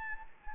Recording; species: mosquito wingbeat signal from an infrared sensor; Anopheles gambiae